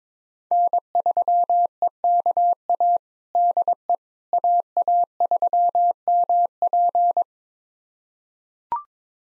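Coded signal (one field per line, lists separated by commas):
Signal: Morse code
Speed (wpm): 22 wpm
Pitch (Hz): 700 Hz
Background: none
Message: N3EKA DE AA3MP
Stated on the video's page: Call sign pair copying drill at 22 wpm, each five-character call sent in Morse, spoken, then sent again.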